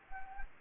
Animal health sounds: mosquito wingbeat signal from an infrared sensor; Anopheles gambiae

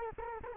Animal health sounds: mosquito wingbeat signal from an infrared sensor; Culex quinquefasciatus

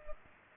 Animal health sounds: mosquito wingbeat signal from an infrared sensor; Culex pipiens

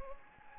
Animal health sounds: mosquito wingbeat signal from an infrared sensor; Anopheles gambiae

